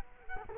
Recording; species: mosquito wingbeat signal from an infrared sensor; Culex quinquefasciatus